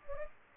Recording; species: mosquito wingbeat signal from an infrared sensor; Anopheles gambiae